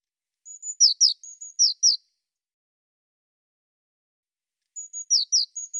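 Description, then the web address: Eurasian blue tit calls, two phrases of high thin notes alternating with sharp down-slurred chips, separated by a few seconds of quiet. "cianscape birddata Deverinetal 2025 File cleaned normalized Bird Cy Ca"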